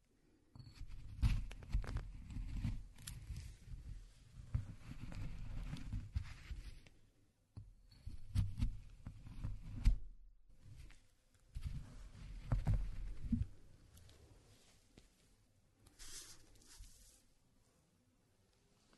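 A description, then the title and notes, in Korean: Walnuts are ground by hand, a low, rough grinding rumble peppered with sharp crackles and scrapes. The grinding comes in uneven bursts with short pauses near 7.5, 11 and 14 seconds, and the final stretch turns quieter and sparser. 호두를 직접 갈아보겠습니다. 손으로 직접 갈아먹는 호두.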